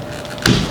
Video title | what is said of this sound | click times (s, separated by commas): Nissan Xterra Wiper Blade Replacement 2005-2015 | Now all we need to do is take the new wiper blade and push it forward until it locks in place. | 0.5 s